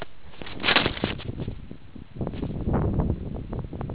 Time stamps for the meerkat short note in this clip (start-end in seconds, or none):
none